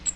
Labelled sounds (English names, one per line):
Cape May Warbler flight call